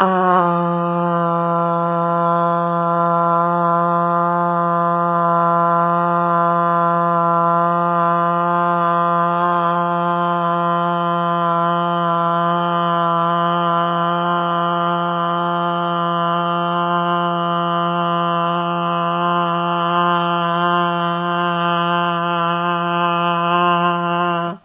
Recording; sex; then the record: sustained vowel /a/; female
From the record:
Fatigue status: no fatigue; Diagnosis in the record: COVID-19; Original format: 3gp